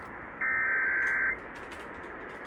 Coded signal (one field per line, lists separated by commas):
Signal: Emergency Alert System (SAME) tones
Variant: header bursts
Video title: San Diego RMT of September 2025 + KEC62 SGX RWT (EAS #57-64)